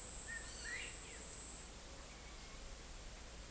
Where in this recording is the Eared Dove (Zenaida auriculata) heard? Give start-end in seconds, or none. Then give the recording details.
none. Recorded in forest near Pivijay, Magdalena, Colombia, on 5 June 2023 at 13:00. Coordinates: 10.467, -74.380. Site Z5-G034